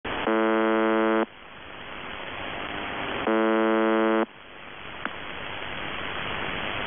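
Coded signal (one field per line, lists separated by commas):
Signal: numbers station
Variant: UVB-76 (The Buzzer)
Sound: two harsh one-second buzzes two seconds apart over hissing static, one click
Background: radio static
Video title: [UVB-76, The Buzzer] Voice Message; 16. April 2021, 08:07 UTC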